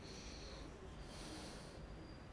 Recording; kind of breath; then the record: one breath in and out by a microphone near the nose and mouth; deep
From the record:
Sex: male